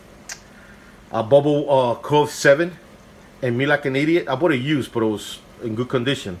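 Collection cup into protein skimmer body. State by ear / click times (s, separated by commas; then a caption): seated / 0.3 s. The collection cup of a NYOS Quantum 160 protein skimmer is twisted to lock onto the skimmer body using its security feature. A short, sharp tick at 0.3 s marks the cup locking into place, and then someone talks.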